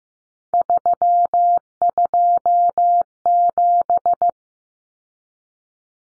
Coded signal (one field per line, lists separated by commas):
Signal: Morse code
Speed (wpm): 15 wpm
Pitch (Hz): 700 Hz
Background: none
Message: 327